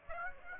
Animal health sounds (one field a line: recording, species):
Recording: mosquito wingbeat signal from an infrared sensor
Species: Aedes aegypti